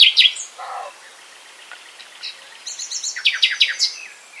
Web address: SETE Luscinia megarhynchos